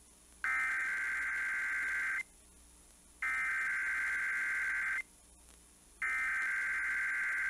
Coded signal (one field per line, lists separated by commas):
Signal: Emergency Alert System (SAME) tones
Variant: header bursts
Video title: KXGM Required Weekly Test #1 (EAS #247)